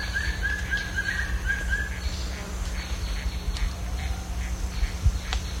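Bird calls: a quick series of short notes in the first two seconds, then fainter scattered notes over a steady low hum.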